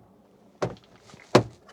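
A replacement instrument cluster for a Jeep TJ is pushed one-handed into the dashboard so its two rear connectors snap into their slots. Two sharp snaps land at 0.6 s and 1.4 s, with faint rustling and small taps between them, and the cluster seats in place.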